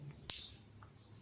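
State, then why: Seated. An RJ45 plug with the Ethernet cable in it sits in a crimping tool as the handles are squeezed. A sharp, bright click at 0.3 s stands out above faint ticks around 0.1 s and 0.8 s. The click means the plug's metal contacts have been pressed down onto the wires, and the cable is perfectly crimped.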